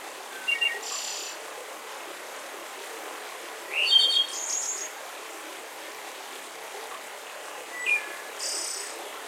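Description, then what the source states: Bird calls: brief high chirps early on, a rising twittering phrase in the middle and another short chirp near the end, against constant background hiss. Mountain forest.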